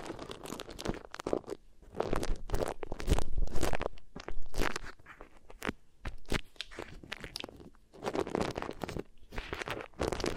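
Beeswax is pressed and worked with the fingers, making sticky crackles and soft crunches. The sounds come in uneven clusters with brief pauses, some bursts louder and fuller, around three and ten seconds, with quieter rustling between.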